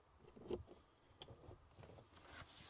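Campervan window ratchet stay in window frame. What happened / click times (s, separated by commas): The window ratchet stay was pushed past its last stop and released / 1.2 s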